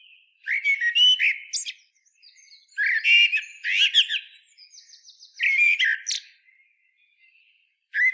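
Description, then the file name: Common blackbird singing repeated mellow warbles, each tipped with a high scratchy flourish, about one phrase every two to three seconds, softer twitters between. "Turdus merula"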